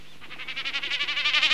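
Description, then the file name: Common snipe producing a rapid pulsed, throbbing sound of many beats that swells steadily louder. "BECCACCINO"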